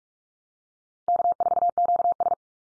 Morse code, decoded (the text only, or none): K4QS